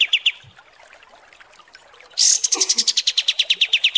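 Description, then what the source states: Kapas tembak song: a few scattered chirps, then a loud high buzz launching a long steady series of rapid repeated notes. Masteran (song-training) recording of kapas tembak song, described as mewah.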